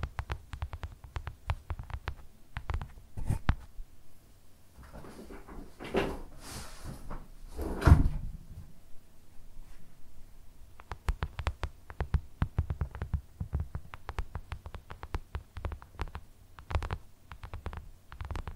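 Tapping with no talking: short, sharp knocks arrive in uneven clusters throughout, each a quick click with a low thud underneath. Around the six to eight second mark, a few brighter hissing swishes and a louder knock break the pattern before the tapping resumes.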